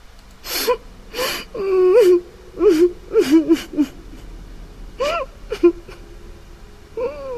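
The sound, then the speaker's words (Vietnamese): A bloodied girl facing the wall in a dark restroom cries in shaky, whimpering bursts with sharp gasping breaths between them, the voice wavering and breaking in a high, strained pitch before trailing off into quieter sobs. “Chị nghe thấy tiếng khóc mà không thấy tiếng trả lời.”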